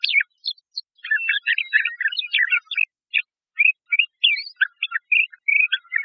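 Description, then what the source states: Bird calling in a rapid series of varied chirps and short twittering notes, mostly high-pitched, with brief pauses between bursts and no other clear sounds. Recorded in Costa Rica.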